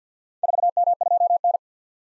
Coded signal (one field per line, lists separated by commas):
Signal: Morse code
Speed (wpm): 53 wpm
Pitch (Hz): 700 Hz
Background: none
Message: 4M2N